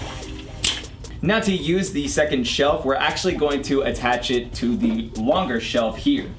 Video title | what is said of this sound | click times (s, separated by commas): How to Set up Your Rockville ROCK CART OFF-ROAD DJ Equipment Pro Transport Rolling Car Huge Wheels! | and fully expand it like this and be sure to pull them all the way out until you hear this clicking sound | 0.6 s